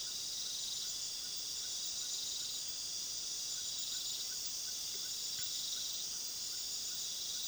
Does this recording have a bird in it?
no